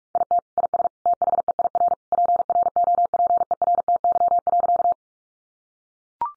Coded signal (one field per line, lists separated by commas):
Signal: Morse code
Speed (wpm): 44 wpm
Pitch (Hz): 700 Hz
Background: none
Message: IT IS THEIR PROPERTY.